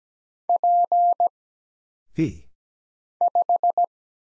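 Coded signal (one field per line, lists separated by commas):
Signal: Morse code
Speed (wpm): 17 wpm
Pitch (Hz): 700 Hz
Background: none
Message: P 5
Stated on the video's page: Morse practice of single characters (letters, numbers, punctuation, prosigns) at 17 wpm for instant character recognition.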